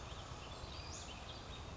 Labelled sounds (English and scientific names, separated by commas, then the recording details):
Western Flycatcher (Empidonax difficilis)
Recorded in Sonoma County, California